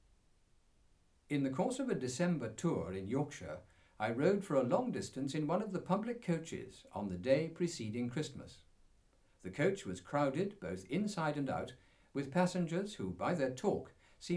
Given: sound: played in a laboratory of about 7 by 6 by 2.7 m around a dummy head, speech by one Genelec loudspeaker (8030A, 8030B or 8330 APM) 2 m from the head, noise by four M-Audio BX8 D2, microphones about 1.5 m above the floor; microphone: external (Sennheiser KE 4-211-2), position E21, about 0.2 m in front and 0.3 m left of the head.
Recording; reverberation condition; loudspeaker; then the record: male speech in English; low; 30 degrees to the left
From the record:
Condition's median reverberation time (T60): about 310 ms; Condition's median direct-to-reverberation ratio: about 3.5 dB